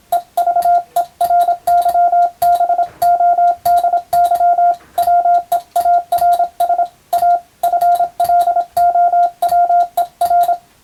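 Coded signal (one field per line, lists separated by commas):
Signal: Morse code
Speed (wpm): 26 wpm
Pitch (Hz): 700 Hz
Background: radio noise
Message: EVERYBODY WEARS A FLOWER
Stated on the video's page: Morse code practice sending European-language telegram text with a telegraph key, from a radiotelegraph practice book.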